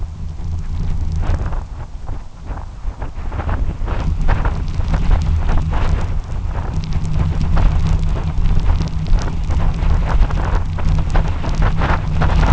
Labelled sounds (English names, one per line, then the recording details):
none
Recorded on Arctic tundra, site UTQI-2, on 12 June 2019
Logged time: 04:00